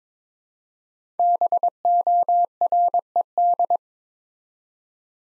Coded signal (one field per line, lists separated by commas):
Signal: Morse code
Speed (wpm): 22 wpm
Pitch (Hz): 700 Hz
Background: none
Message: BORED